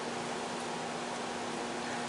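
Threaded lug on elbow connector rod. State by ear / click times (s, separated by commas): not seated / none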